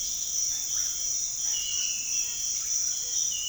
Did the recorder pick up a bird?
yes